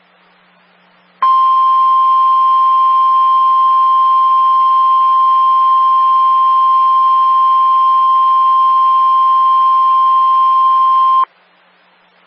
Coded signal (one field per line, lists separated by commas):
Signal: Emergency Alert System (SAME) tones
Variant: 1050 Hz attention tone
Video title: [TRIPLE HEADER!] NOAA Weather Radio - EAS #508 - 510 - Winter Storm Warning - 3/2/14 7:13 AM